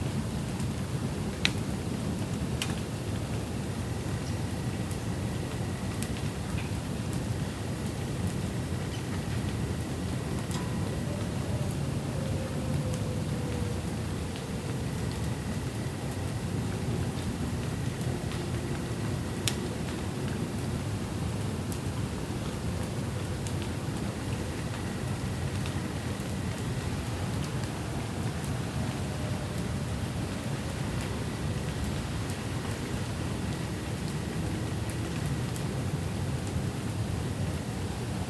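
A thunderstorm in the city of Grand Rapids, Michigan, with a steady, dense roar of rain and a low rumble that holds level throughout. Faint tones drift through repeatedly, and a few sharp clicks stand out near the start and around nineteen seconds.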